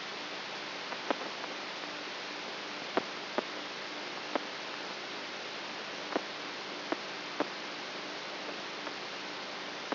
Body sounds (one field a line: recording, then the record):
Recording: brain microelectrode recording played as sound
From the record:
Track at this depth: outside the subthalamic nucleus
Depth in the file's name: 7.04 mm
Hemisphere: right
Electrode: 3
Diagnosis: Parkinson's disease